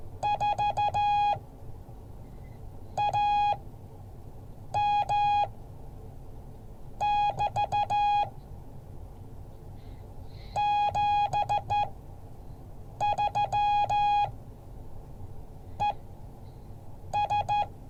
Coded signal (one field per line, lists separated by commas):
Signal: Morse code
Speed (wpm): 14 wpm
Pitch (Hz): 830 Hz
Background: none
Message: 4AM<BT> 73 ES